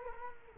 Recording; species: mosquito wingbeat signal from an infrared sensor; Culex quinquefasciatus